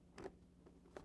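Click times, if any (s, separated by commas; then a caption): none. A magnetic face guard tab is lined up against a helmet side mount by hand, producing brief handling taps and scrapes around 0.2 s and again near 1.0 s over a low steady hum. The tab has not seated or locked into place yet.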